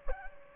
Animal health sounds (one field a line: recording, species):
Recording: mosquito wingbeat signal from an infrared sensor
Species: Aedes aegypti